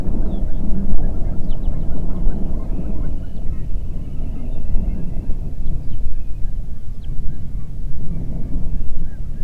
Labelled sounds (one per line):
songbird
waterfowl
wind